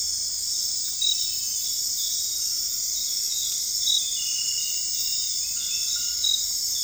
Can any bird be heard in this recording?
no